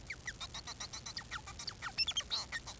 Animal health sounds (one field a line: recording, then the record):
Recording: song of a male Bengalese finch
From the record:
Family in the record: son of father 4